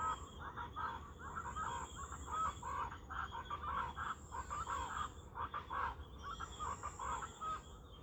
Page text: Chachalaca Alirroja (Ortalis garrula). Jorge La Grotteria